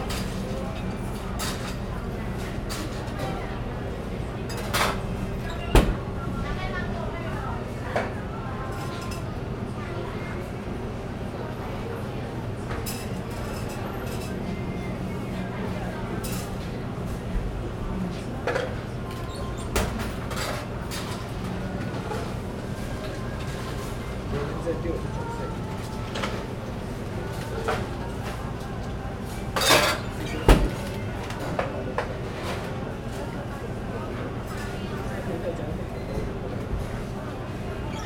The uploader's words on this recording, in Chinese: Louisa coffee淡水捷運門市。吧台工作的聲音像電影中的的冷兵器對決，屋頂上的捷運經過像是戰機駛入，整個店的牆壁在震動，背後還有公車站停靠。